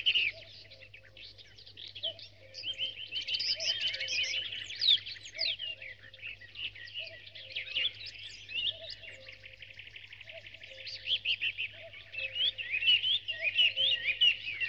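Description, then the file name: Birds in a dawn chorus, many overlapping high chirps, trills and warbles, with short lower notes recurring and a steady faint hum. "Spectacular Sound Effects - Birds Dawn Chorus"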